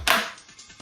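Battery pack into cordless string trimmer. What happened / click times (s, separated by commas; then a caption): The battery pack clicked into its slot / 0.1 s. A 20V battery pack is slid into the battery slot of a Wild Badger cordless string trimmer (weed wacker) and pops into place with a sharp, broadband click at 0.1 s. The click then fades out over the short clip, and the battery is seated.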